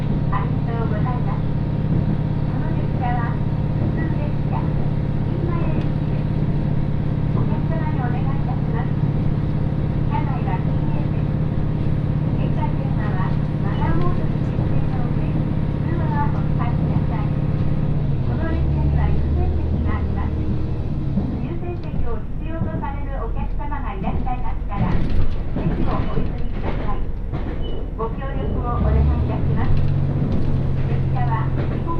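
A one-car GV-E400 hybrid train runs on the Tsugaru Line, its steady low rumble carrying a faint whining tone until about 18 seconds, when the drone shifts and roughens. Voices talk on and off throughout, busiest around 25 seconds.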